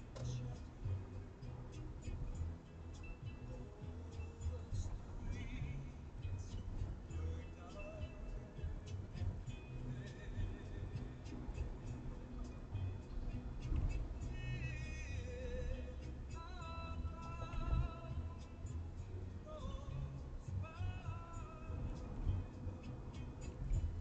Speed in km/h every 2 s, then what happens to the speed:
69, 69, 68, 67, 66, 63, 62, 61, 60, 61, 62, 63.
0-15 slows to 60. 15-24 steady at about 61.